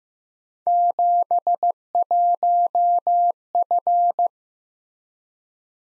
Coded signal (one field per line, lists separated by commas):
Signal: Morse code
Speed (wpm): 18 wpm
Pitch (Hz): 700 Hz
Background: none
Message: 71F